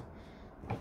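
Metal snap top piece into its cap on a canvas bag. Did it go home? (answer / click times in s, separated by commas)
yes / 0.7 s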